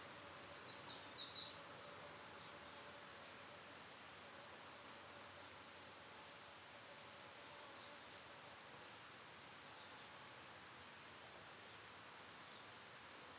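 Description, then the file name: European robin giving short, sharp, high ticking calls in small bursts, then single ticks spaced a few seconds apart, with a faint steady hiss behind. "Erithacus rubecula"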